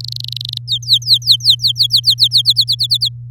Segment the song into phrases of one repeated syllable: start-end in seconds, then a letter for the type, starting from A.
0.00-0.58 A, 0.68-2.42 B, 2.45-3.09 C